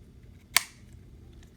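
After a new coupler is fitted and a stray wire is cleared out of the way, a plastic part of an N scale Life-Like F40PH 381 model locomotive, apparently the shell, is pressed back onto its chassis. A single sharp, bright snap sounds at 0.6 s, followed by faint ticks near 1.3 and 1.4 s against a low background hum. The part is seated.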